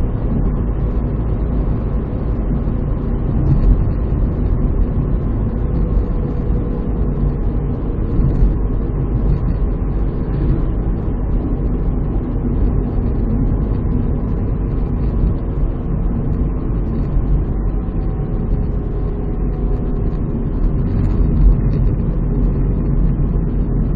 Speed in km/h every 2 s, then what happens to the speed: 76, 76, 73, 70, 68, 68, 69, 67, 64, 62, 60, 60.
0-24 slows to 60.